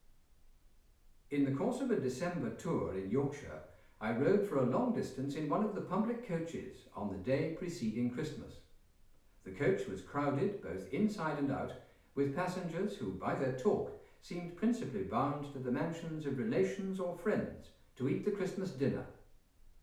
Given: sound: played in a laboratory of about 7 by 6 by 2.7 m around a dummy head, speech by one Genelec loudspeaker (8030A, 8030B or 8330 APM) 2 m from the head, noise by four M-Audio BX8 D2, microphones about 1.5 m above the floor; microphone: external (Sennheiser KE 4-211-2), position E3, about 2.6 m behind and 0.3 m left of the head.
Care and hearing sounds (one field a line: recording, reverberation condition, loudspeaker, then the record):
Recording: male speech in English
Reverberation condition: medium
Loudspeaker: 30 degrees to the left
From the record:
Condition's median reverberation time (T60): about 510 ms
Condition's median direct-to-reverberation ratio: about -0.5 dB